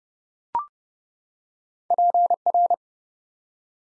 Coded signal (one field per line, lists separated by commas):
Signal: Morse code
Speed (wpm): 30 wpm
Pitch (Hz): 700 Hz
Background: none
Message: PR